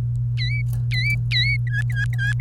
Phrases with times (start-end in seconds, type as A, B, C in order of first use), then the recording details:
0.38-0.61 A, 0.91-1.56 A, 1.67-2.40 B. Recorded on 28 April 2018 at 07:22. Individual llb3